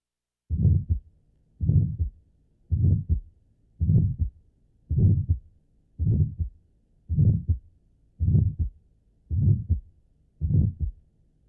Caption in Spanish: El soplo sistólico inocente, cuya intensidad máxima se encuentra en el área mesocárdica y el borde izquierdo del esternón, se propaga ampliamente tomando en cuenta su baja intensidad. Habitualmente se oye a nivel de la punta, segundo espacio intercostal derecho y en el cuello. Casi siempre es audible en el segundo espacio intercostal izquierdo. La intensidad del soplo a nivel del cuello es sorprendente.